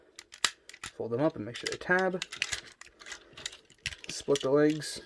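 While converting a Transformers X Ghostbusters Ectotron robot toy, plastic leg panels are folded out and pushed into the toy's leg joint until they lock into place. A sharp plastic click is heard at 0.5 s among several other light plastic taps and clicks, and someone talks. The leg parts are seated.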